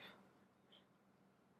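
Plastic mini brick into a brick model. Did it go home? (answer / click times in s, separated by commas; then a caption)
no / none. A small plastic Petit Block mini brick from Daiso Taiwan is being fitted into a brick model of a tracked excavator. A faint brief rustle is heard at the very start, with a soft high tone near 0.8 s over a steady low hum. The brick fails to lock into place, and nothing has seated or clicked yet.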